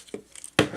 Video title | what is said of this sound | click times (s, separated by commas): DNA DESIGNS DK-06 GRIMLOCK UPGRADE KIT | take that off and it snaps into place it did snap into place well | 0.6 s